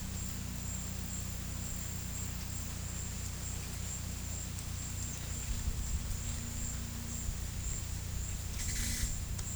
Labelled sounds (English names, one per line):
none